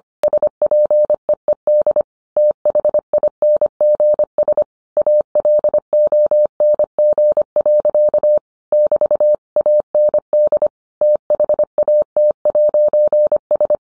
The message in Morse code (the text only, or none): SPEED THINGS ALONG. <BT> AND THAT'S